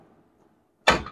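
A rear brake rotor on a Nissan Titan truck, which had hung up on rust on the wheel hub, is pushed back onto the hub. After near silence, a single sharp, loud knock at 0.9 s marks the rotor seating flush, followed by a brief faint tap as it rings down. The rotor is confirmed seated.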